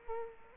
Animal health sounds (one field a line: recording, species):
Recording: mosquito wingbeat signal from an infrared sensor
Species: Culex quinquefasciatus